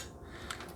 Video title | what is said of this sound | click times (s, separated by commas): Alpha Outpost - UNBOXING- JULY 2020 Box - KAMA -BeardTastic Reviews | got that nice audible click | 0.5 s